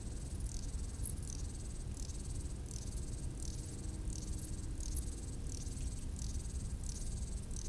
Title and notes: D42, 73370 Le Bourget-du-Lac, France - insectes du talus. Route du relais télévision du Mont du Chat à 1500m d'altitude les stridulations des criquets sur le talus et les bruits lointains de la vallée en arrière plan